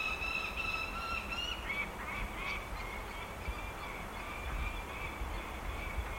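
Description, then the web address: Lanner falcon giving a string of nasal, ringing notes, loud at first, then continuing more faintly over background rumble. "sound Lanner-falcon. صدای-پرنده-لاچين"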